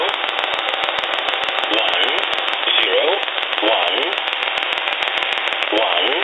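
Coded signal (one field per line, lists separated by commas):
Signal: numbers station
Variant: E07a English Man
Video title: Russian E07a "English Man" number station at 11082 kHz (null message)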